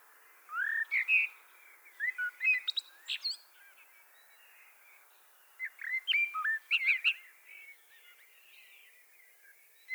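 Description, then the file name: Common blackbird singing warbled phrases of slurred whistles and high squeaky notes, two bursts separated by a pause. "Turdus merula"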